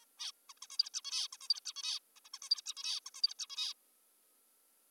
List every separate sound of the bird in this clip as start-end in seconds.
0.02-0.06, 0.20-0.32, 0.49-0.53, 0.57-0.59, 0.63-0.67, 0.70-0.78, 0.79-0.90, 0.94-1.01, 1.04-1.28, 1.33-1.37, 1.41-1.48, 1.50-1.60, 1.65-1.73, 1.76-2.00, 2.16-2.20, 2.25-2.29, 2.34-2.39, 2.42-2.49, 2.50-2.62, 2.66-2.74, 2.77-3.00, 3.06-3.10, 3.14-3.22, 3.23-3.34, 3.39-3.47, 3.50-3.74